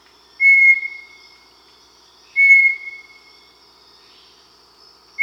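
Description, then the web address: Bartlett's Tinamou singing level, clear whistles that fade out gradually, spaced roughly two seconds apart, with a third note beginning at the end. South America. "S America Bartlett's Tinamou (Crypturellus"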